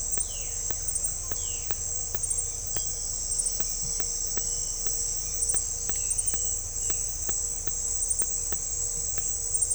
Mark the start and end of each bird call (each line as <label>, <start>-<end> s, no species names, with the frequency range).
bird call (1.5-4.4 kHz), 0.22-0.61 s
bird call (1.6-4.2 kHz), 1.32-1.70 s